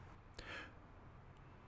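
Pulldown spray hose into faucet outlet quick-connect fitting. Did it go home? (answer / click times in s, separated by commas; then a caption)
yes / 0.4 s. The pulldown spray hose of a Kohler Bellera pulldown kitchen faucet is pushed fully into the quick-connect outlet fitting under the sink, and it seats with a short, sharp click at 0.4 s. A brief rustling hiss follows, then a faint tick near 1.4 s, over a low steady hum.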